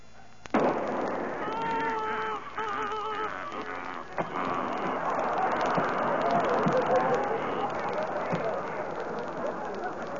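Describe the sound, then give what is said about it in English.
A sudden loud gunshot fired at a flock of ducks bursts out, followed by squawking, warbling tones and a second sharp crack a few seconds later, then a dense, noisy clatter that carries on to the end. “Jeepers, he shot a flock of ducks.”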